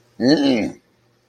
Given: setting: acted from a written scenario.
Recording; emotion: vocal sound without words; disgust